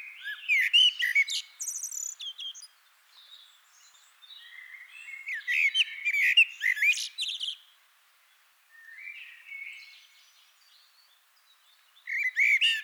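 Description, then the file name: Common blackbird singing in loud bursts of high, squeaky twittering mixed with short warbled notes, separated by quieter gaps with faint chirps. "Turdus merula"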